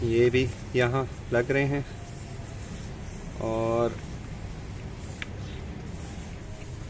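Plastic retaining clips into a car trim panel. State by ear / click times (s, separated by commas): not seated / none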